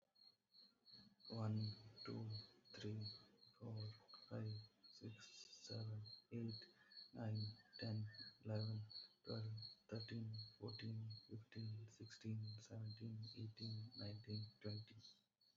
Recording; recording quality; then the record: counting at a normal pace; poor, much background noise or distortion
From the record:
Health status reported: healthy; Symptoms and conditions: none ticked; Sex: male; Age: 31 years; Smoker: not ticked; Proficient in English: yes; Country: India